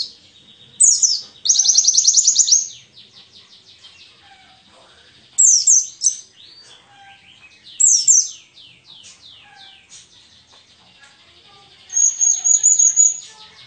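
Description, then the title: White-eye song: bursts of high, rapid twittering trills and sweeping notes, separated by short pauses, with faint softer chirps between phrases. Forest white-eye song material (isian) for training songbirds (masteran). "mster Mnuk. Pleci ngalas isian untuk masteran"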